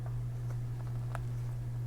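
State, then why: Seated. A small plastic piece of a DeAgostini ISS space station scale model is laid into two holes on a mount bracket and pressed until it pops into place. A faint tick comes at about 0.1 s over a steady low hum, then a sharp, bright click at 1.2 s as the piece seats firmly.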